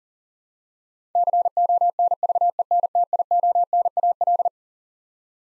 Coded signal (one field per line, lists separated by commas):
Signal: Morse code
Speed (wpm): 40 wpm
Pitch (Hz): 700 Hz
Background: none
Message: CONVENTIONAL